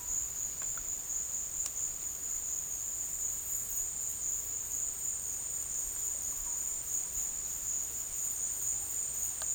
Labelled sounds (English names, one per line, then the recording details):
none
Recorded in secondary vegetation near Puerto Asís, Putumayo, Colombia, on 21 December 2024 at 14:30
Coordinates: 0.484, -76.319
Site GP06